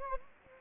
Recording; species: mosquito wingbeat signal from an infrared sensor; Anopheles gambiae